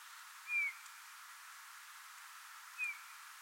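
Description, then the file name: Eurasian bullfinch calls: two soft, short piping whistles, each slightly falling, spaced a little over two seconds apart over a steady background hiss. "Pyrrhula pyrrhula"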